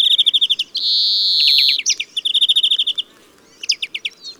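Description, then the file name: European greenfinch song, loud and clear: quick ringing trill notes, then a long flat wheeze lasting about a second, more trills, and a brief pause before a few final notes. "Chloris chloris"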